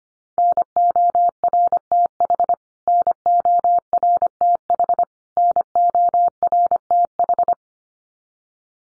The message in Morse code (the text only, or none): NORTH NORTH NORTH